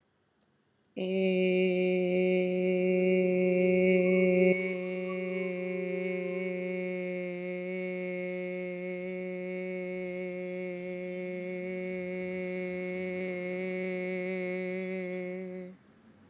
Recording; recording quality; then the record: sustained vowel as in made; excellent, no background noise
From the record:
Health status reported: recovered from COVID-19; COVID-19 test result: negative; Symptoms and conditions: breathing difficulty, sore throat, fatigue, loss of smell and taste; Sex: female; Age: 30 years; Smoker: not ticked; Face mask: not worn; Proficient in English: yes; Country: India